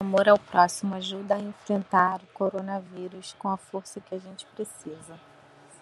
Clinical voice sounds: spoken sentence; Brazilian Portuguese; female; 30 to 39 years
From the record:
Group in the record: control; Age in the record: 34 years

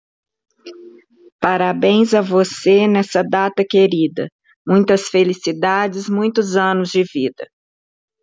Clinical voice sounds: short text; Brazilian Portuguese; female; 50 to 59 years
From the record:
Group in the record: control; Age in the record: 55 years

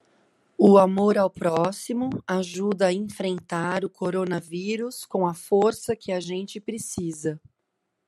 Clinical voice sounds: spoken sentence; Brazilian Portuguese; female; 40 to 49 years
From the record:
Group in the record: control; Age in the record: 44 years

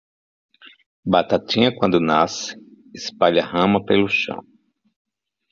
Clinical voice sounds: short text; Brazilian Portuguese; male; 40 to 49 years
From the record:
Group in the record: control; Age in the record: 48 years

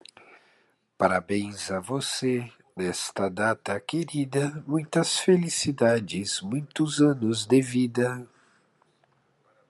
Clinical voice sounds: short text; Brazilian Portuguese; male; 40 to 49 years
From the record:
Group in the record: control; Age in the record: 44 years

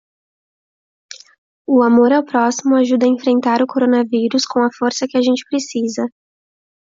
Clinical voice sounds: spoken sentence; Brazilian Portuguese; female; 18 to 19 years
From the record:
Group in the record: control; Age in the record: 18 years

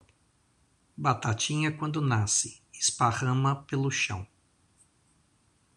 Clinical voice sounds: short text; Brazilian Portuguese; male; 50 to 59 years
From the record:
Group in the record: control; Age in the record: 54 years

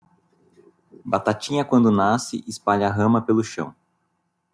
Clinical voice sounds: short text; Brazilian Portuguese; male; 40 to 49 years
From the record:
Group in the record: control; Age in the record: 45 years

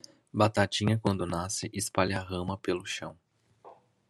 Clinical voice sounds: short text; Brazilian Portuguese; male; 20 to 29 years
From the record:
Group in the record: control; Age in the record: 25 years

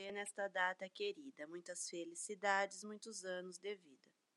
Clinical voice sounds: short text; Brazilian Portuguese; female; 40 to 49 years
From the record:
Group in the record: control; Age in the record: 43 years

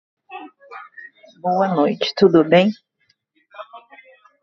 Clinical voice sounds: spoken sentence; Brazilian Portuguese; female; 40 to 49 years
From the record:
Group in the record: control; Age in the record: 41 years

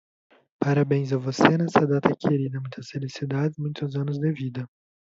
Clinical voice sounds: short text; Brazilian Portuguese; male; 20 to 29 years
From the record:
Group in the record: control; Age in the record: 21 years

